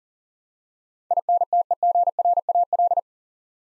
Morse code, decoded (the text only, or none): INTEGRAL